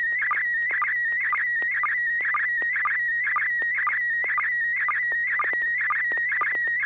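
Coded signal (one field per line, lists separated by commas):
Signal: SSTV (slow-scan television)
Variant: PD120 mode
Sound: warbling, chirping tone with a short low blip about twice a second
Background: low hum, FM radio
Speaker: joelie are you ready to share an image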